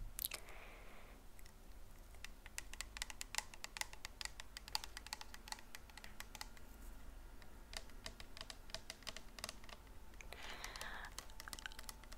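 Close, breathy whispers come at the start and near the end, with a steady run of crisp keyboard typing clicks throughout.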